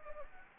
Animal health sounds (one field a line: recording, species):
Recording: mosquito wingbeat signal from an infrared sensor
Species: Anopheles gambiae